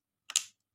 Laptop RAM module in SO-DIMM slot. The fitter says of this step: dorong sedikit ke a dalam sampai terdengar bunyi. Klik.